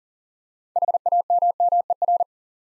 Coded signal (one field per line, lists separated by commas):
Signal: Morse code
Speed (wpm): 38 wpm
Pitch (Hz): 700 Hz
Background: none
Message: HAMMER